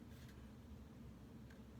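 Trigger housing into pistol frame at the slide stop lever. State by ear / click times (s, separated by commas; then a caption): not seated / none. A trigger housing (trigger assembly) is gently pushed down into a polymer pistol frame at the slide stop lever, over a steady low background hum with light handling noise and one faint, brief tap near 1.5 s. Nothing has seated or clicked into place yet.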